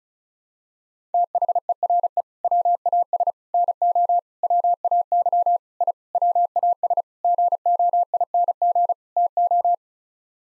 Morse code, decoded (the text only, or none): THERE WAS NO WAY I WAS GOING TO